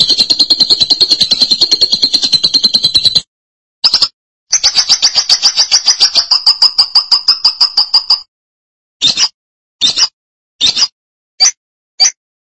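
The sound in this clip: Lovebird chattering song: long fast shrill trills broken by pauses, ending in a series of short separate bursts spaced under a second apart.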